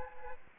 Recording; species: mosquito wingbeat signal from an infrared sensor; Aedes aegypti